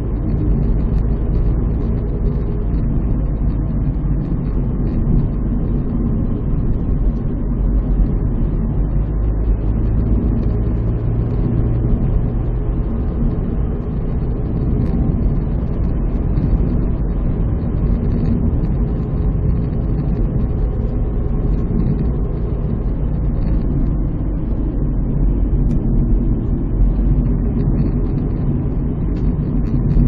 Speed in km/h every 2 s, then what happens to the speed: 60, 59, 58, 55, 59, 64, 66, 65, 66, 65, 65, 63, 58, 51, 50.
0-7 steady at about 58. 7-11 speeds up to 66. 11-20 steady at about 65. 20-30 slows to 50.